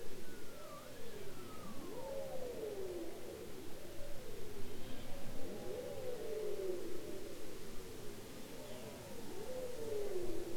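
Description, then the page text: Bowhead whale calls: a higher falling whistle opens, then repeated low arching moans overlap one another against constant low background noise. Bowhead whales described as copycats, imitating sounds heard in their environment. "Bowhead whales ( Balaena mysticetus ) are copycats, imitating sounds heard in their environment. Polar Research"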